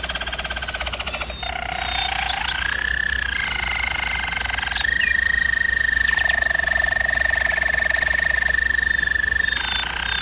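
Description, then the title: German Roller canary singing rolled trills, briefly adding quick rising chips, then a long, even, higher-pitched roll before shifting again. German Roller canary singing, for canary training. "German Roller Canary Singing - Canary Training Vid"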